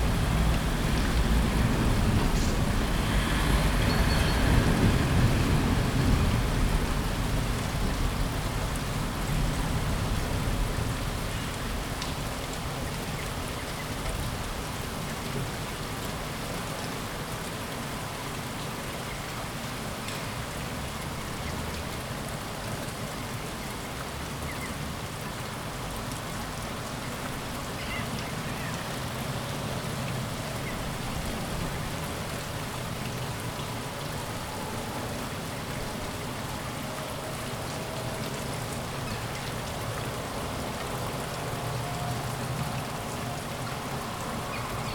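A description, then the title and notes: Light rain falls on city streets in a dense, steady patter, with a low rumble of passing traffic louder during the first ten seconds. Light morning rain in the city of Kuldiga, Latvia. Raindrops falling on the city streets.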